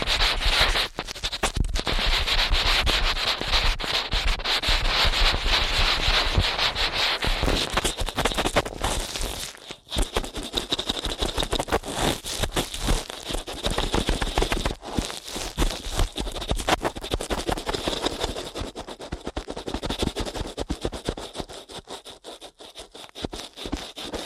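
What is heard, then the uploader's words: Ear cleaning sounds: rapid, dense scratching and rubbing that crackles almost without pause, bright and gritty. The strokes come very fast and fairly evenly, with brief breaks near 10 and 15 seconds, and the sound thins and softens over the last few seconds. ASMR Ear Cleaning at Helicopter Speed.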